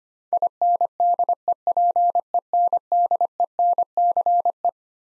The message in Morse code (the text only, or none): INDEPENDENCE